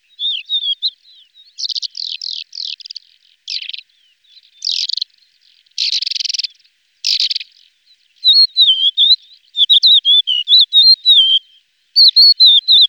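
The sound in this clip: Lesser short-toed lark song of short buzzy bursts and harsh notes separated by gaps, followed by busy high twittering phrases.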